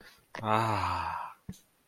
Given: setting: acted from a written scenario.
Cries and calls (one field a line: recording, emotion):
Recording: vocal sound without words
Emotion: ecstasy